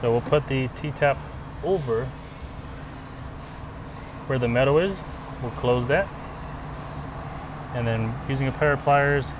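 A plastic T-tap splice connector is placed over the bare metal section of a vehicle wire and lined up before being closed and squeezed shut with pliers. Someone talks over a steady low hum. The connector has not clicked or seated yet.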